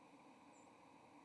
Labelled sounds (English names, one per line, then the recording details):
White-throated Sparrow flight call
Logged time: 09:52 on 30 October 2014